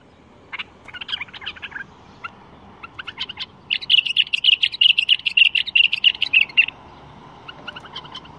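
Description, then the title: Bulbul song of varied chirps and clicks building into a long, loud, rapid trill lasting about three seconds. Described as the finest bulbul song without mistakes, in the 'tour' song style. "اجمل تغريد بلبل بدون اخطاء بلبل طور"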